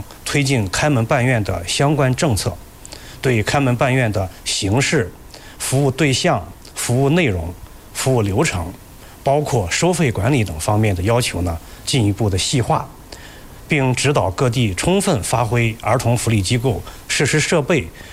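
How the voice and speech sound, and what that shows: One man speaks fluent Mandarin at a steady news-reading pace with natural phrase pauses and ordinary voice.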